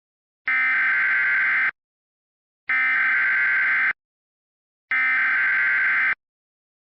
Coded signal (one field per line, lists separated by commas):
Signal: Emergency Alert System (SAME) tones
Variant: header bursts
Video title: EAS Mock Remake: Dixie alley